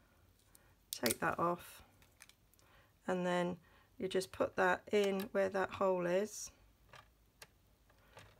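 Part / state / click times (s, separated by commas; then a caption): replacement blade unit into a paper trimmer's cutting rail / seated / 7.4 s. A replacement blade unit is put into the hole on a paper trimmer's cutting rail, or runner, and pushed until it clips on, after its guard is taken off. Someone talks, a few faint clicks and taps sound around 0.6 and 2.0–2.6 seconds, then a sharp click at 7.4 seconds as the blade unit snaps into place.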